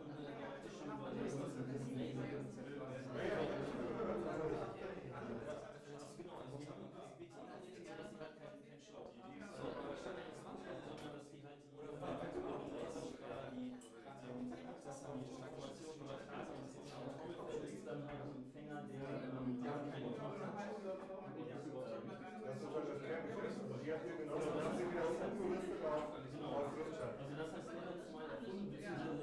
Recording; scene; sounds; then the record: everyday scene through a hearing-aid microphone; many people talking; many voices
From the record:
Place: bistro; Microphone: behind the ear, left, front